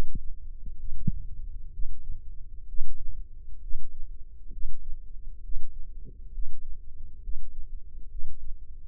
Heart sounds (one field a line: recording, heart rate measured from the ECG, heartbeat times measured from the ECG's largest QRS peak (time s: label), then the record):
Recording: heart sounds by microphone in the left ear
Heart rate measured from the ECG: 66 bpm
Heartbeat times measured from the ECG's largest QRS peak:
0.78 s: heartbeat
1.72 s: heartbeat
2.67 s: heartbeat
3.61 s: heartbeat
4.51 s: heartbeat
5.42 s: heartbeat
6.32 s: heartbeat
7.22 s: heartbeat
8.09 s: heartbeat
From the record:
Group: healthy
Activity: rest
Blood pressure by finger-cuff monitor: 167/108 mmHg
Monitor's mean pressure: 123 mmHg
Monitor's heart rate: 66 bpm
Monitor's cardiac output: 4.8 L/min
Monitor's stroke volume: 74 mL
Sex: male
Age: 35 years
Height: 178 cm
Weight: 64 kg